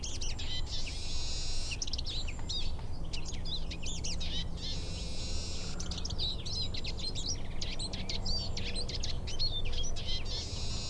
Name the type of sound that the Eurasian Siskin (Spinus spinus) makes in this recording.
song